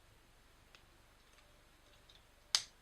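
During a transformation, two plastic toy robot legs are turned to face each other and pushed together so their pegs fit into one another. After faint small ticks, a sharp, bright click rings out at 2.6 seconds as the pegs seat and the legs lock together.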